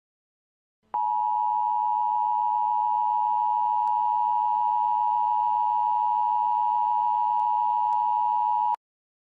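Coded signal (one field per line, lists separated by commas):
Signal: Emergency Alert System (SAME) tones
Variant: 853 and 960 Hz attention tone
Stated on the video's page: Fictional EAS scenario with simulated SAME tones.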